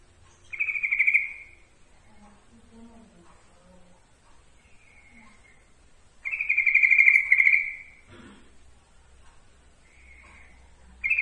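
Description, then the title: Yellow-vented bulbul song: a few loud, buzzy trilled phrases, with softer chirps and a faint knock between them. Song-tutoring (masteran) track. "Masteran Ampuh Suara Trucukan"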